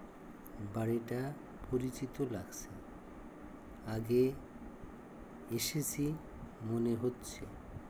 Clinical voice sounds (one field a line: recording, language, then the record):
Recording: elicited speech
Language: Bengali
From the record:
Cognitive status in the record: dementia